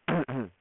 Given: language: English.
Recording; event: throat vibration sensor signal played as sound; throat clearing